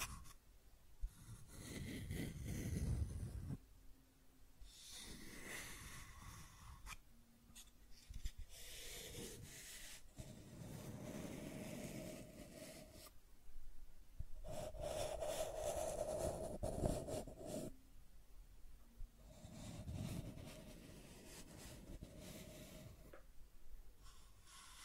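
Scratching and tracing sounds come in repeated strokes, each lasting one to three seconds with brief pauses between them. The strokes are rough and hissy, some carrying a faint squeaky tone midway, with a low rumble underneath. The pattern continues steadily through the whole clip.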